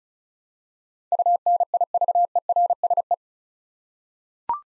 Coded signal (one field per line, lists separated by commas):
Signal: Morse code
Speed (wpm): 36 wpm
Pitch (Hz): 700 Hz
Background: none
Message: UNIVERSE